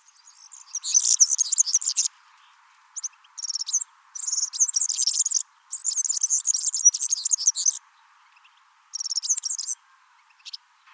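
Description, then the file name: European serin song: very high, rapid jingling, glassy twitters in bursts of under half a second to about two seconds, separated by short pauses. "Serin cini"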